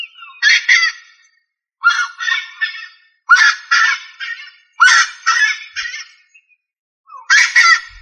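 Rail repeating harsh, reedy double-noted honks in five bursts, with silence between.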